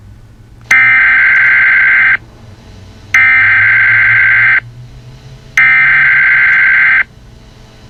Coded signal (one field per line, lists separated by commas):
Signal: Emergency Alert System (SAME) tones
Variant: header bursts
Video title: EAS Scenario Chuck E Cheese Incident Remastered